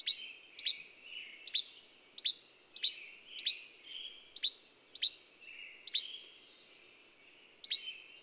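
Bird song of sharp, high downward-sweeping chirps, often doubled, repeated at uneven intervals of about half a second to a second, with soft twittering notes between them.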